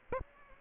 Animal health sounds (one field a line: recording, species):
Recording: mosquito wingbeat signal from an infrared sensor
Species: Aedes aegypti